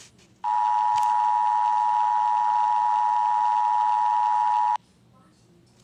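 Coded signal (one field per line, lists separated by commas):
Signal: Emergency Alert System (SAME) tones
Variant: 853 and 960 Hz attention tone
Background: speech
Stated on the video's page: Fictional EAS scenario.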